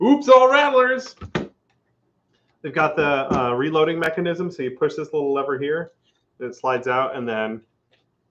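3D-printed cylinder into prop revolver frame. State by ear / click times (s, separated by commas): not seated / none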